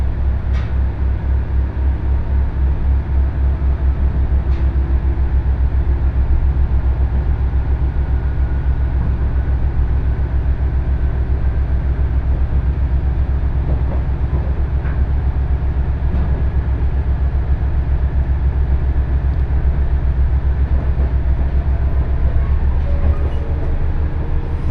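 A two-car KiHa 110 diesel train runs steadily on the Kesennuma Line, with a constant low rumble, rhythmic rail clicks and brief faint sounds.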